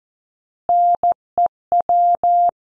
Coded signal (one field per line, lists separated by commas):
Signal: Morse code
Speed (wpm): 14 wpm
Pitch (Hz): 700 Hz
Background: none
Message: NEW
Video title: Morse Code copy practice